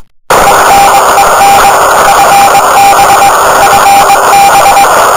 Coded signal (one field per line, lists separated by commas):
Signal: Morse code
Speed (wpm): 21 wpm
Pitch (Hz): 800 Hz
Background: radio noise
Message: ENEN FB FB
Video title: #HF,#CW,#10M,#28MHZ,28.005MHZ,19-10-2011,0200Z-0205Z FK8IK .wmv